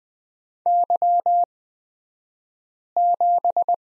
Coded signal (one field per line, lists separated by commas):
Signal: Morse code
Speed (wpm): 20 wpm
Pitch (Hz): 700 Hz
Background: none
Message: Y7